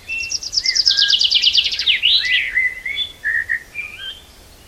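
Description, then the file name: Common chaffinch song: a fast trill of sharp notes slipping downward, ending in a bright flourish, followed by scattered softer chirps. "Fringilla coelebs"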